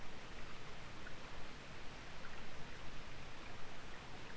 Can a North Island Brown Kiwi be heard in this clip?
no